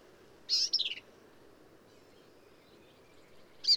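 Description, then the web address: Black-capped vireo singing one rapid phrase of high, twisting notes that fall at the end, then a pause before another phrase begins. "birdsongforthecurious Black-capped Vireo"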